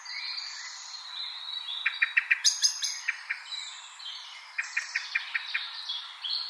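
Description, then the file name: Common blackbird calls: two quick runs of sharp, clipped notes, several per second, among thin high whistles and twittering. "Turdus merula"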